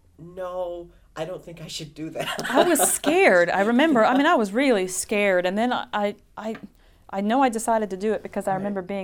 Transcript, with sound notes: "No, I don't think I should do that." (he laughs)
I was scared, I remember. I mean, I was really scared. And then I, I, I know I decided to do it because I remember being there.